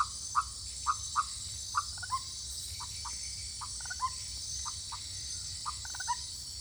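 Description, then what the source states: Leptodactylus frog producing an uneven run of short, abrupt croaks, some doubled, against a continuous high hum. Recorded in French Guiana.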